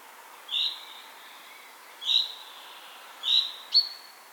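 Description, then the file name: Common chaffinch calls: short, bright, slightly rising notes given singly at uneven gaps, four in all, the last one sharper and higher, over faint steady background hiss. "Fringilla coelebs"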